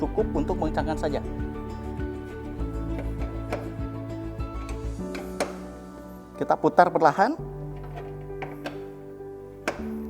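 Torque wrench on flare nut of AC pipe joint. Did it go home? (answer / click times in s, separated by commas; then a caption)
yes / 9.7 s. A torque wrench set to the marked value is turned slowly on the flare nut of an AC pipe joint on a Daikin Multi-S while someone talks over background music. It clicks at 9.7 seconds, showing the flare nut has reached the set torque.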